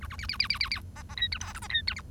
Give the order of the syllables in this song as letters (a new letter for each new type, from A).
A A B B B B B B C C D E F G C D E H